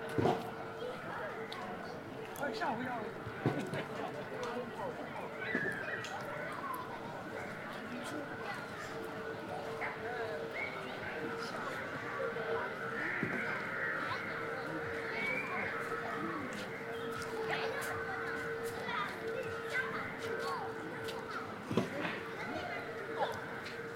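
At Ditan in Beijing, a steady murmur of many voices carries on throughout, with a few clearer words rising now and then. A constant mid-pitched tone hums underneath, and scattered sharp knocks and clicks pop up, loudest at the very start and near 22 seconds.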